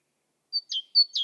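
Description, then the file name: Great tit singing two quick see-too phrases, each a high pure note sliding into a lower fuller one, with nothing else heard. "Parus major"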